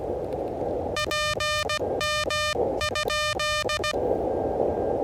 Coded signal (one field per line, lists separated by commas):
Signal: Morse code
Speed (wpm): 17 wpm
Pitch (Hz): 1210 Hz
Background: music, radio noise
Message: PM?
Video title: Testing the Elecraft KH1 Internal Logger with a 16 WPM CW Morse Code Parks on the Air Activation